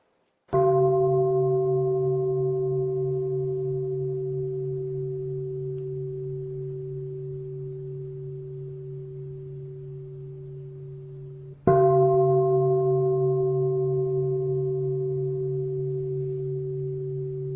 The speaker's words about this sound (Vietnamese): Bây giờ kính mời đại chúng lắng nghe ba tiếng chuông. Chúng ta nhắm mắt lại, thả lỏng toàn thân và lắng nghe ba tiếng chuông cho nó hết hết lòng, nghe cho trọn vẹn để chúng ta bắt đầu buổi pháp thoại hôm nay.